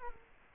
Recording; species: mosquito wingbeat signal from an infrared sensor; Culex quinquefasciatus